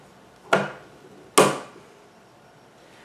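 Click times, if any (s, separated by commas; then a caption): 0.5 s, 1.4 s. A body-worn camera, facing forward, is pressed into its plastic charging dock and snaps into place on the left and right sides. There are two sharp snaps at 0.5 s and 1.4 s, the second louder, and each decays briefly into a quiet background. The camera is seated in the dock.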